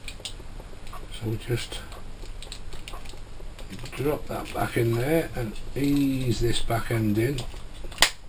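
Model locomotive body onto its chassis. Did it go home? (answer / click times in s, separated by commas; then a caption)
yes / 8.0 s. The plastic body of a model railway tank engine is eased back onto its chassis, rear end last, while someone talks over faint handling ticks. At 8.0 s the body snaps home with one sharp click, seated as a little click fit.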